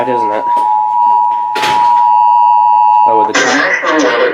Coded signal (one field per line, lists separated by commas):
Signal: Emergency Alert System (SAME) tones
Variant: 853 and 960 Hz attention tone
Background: speech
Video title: MAINE MERRIMENT II... Severe Weather EAS Alerts from July 13-20th, 2024 (EAS #1,167-1,244)